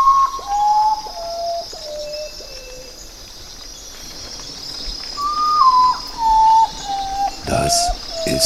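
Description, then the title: Common potoo giving two melancholy descending whistle series, each of about five notes stepping lower, separated by a quiet pause; a brief rustle or knock near the end. "vogel der woche. Common Potoo"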